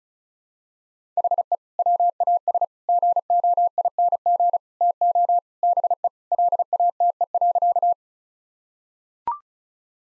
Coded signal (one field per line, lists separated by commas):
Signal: Morse code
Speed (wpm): 34 wpm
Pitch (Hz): 700 Hz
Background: none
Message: HE WAS GOING TO BE LATE.